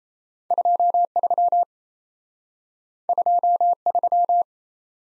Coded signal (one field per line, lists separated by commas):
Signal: Morse code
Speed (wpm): 38 wpm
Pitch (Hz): 700 Hz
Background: none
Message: 23 23